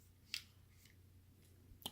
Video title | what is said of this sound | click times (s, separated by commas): Mistersouji Reviews NG 1/60 Wing Gundam Zero | it actually has like a little click to lock it into place and | 0.3 s